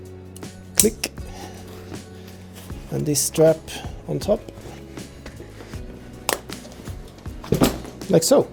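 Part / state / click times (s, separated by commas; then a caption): plastic strap buckle on a motorcycle luggage bag / seated / 0.8 s, 1.0 s. After a Kriega OS motorcycle luggage bag is rolled two or three times, the plastic side-release buckle on its strap is fastened, with two sharp loud clicks at 0.8 s and 1.0 s. The buckle clips shut and is seated. Someone talks over the handling noise.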